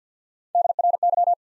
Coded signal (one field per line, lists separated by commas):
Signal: Morse code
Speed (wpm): 50 wpm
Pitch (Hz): 700 Hz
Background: none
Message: D R Y